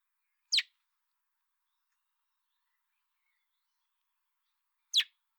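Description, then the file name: Common blackbird uttering two sharp, high clicking calls about four seconds apart, with silence between. "Turdus merula"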